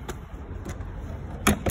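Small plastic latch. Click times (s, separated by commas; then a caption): 1.5 s. A pressure release valve is pushed all the way back into its housing on a campervan until the green plastic cap latches over it and it cannot be pulled out. A faint tap comes at 0.1 s, followed by low background rumble, then a sharp latching click at 1.5 s and a smaller sound near the end. The valve is seated, with its cap latched over it.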